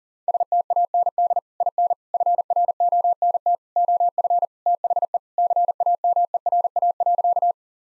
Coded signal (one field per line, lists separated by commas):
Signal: Morse code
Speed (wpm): 40 wpm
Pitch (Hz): 700 Hz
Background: none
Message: STAND IN FRONT OF THE CAMERA.